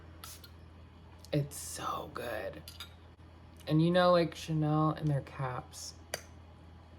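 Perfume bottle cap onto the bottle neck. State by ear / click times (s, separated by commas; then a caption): seated / 6.1 s. Someone talks while putting the cap back onto a perfume bottle, and a few faint taps are heard early on. The cap snaps onto the bottle neck with a sharp tick at 6.1 s and is seated.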